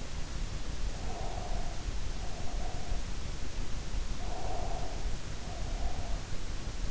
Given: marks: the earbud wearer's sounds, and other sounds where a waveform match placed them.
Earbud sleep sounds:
sounds in sleep by an in-ear microphone; breath
0.96-3.08 s: breath
4.25-6.26 s: breath

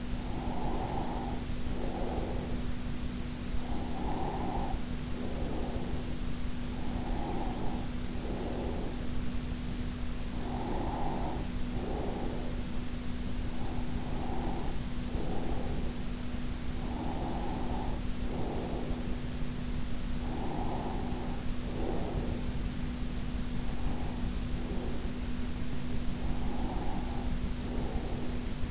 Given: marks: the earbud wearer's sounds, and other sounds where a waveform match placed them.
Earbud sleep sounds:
sounds in sleep by an in-ear microphone; breath
0.06-2.90 s: breath
3.45-9.71 s: breath
10.41-12.95 s: breath
13.71-16.03 s: breath
16.71-22.71 s: breath
23.72-25.71 s: breath
26.20-28.71 s: breath

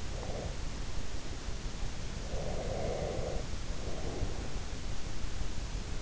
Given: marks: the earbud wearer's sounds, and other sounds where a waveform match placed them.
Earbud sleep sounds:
sounds in sleep by an in-ear microphone; breath
0.10-0.90 s: breath
2.30-4.68 s: breath

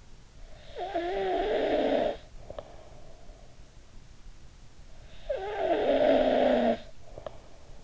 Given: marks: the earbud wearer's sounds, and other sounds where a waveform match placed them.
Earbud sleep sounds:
sounds in sleep by an in-ear microphone; snoring breath
0.33-3.68 s: snoring breath
5.02-7.84 s: snoring breath

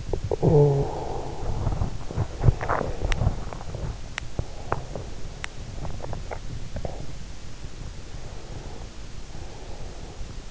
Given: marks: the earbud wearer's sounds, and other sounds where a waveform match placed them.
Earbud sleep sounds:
sounds in sleep by an in-ear microphone; snoring breath, swallowing, teeth grinding, breath
0.00-2.10 s: snoring breath
2.40-2.98 s: swallowing
2.98-5.64 s: teeth grinding
5.94-7.20 s: swallowing
7.82-10.51 s: breath

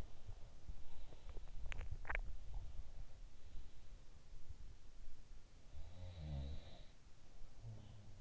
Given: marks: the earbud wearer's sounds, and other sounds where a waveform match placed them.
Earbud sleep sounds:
sounds in sleep by an in-ear microphone; teeth grinding
0.00-3.34 s: sound from someone else or the room
1.62-2.47 s: teeth grinding
5.63-8.21 s: sound from someone else or the room

